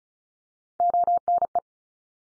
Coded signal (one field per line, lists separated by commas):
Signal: Morse code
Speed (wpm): 34 wpm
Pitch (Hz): 700 Hz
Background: none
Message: ONE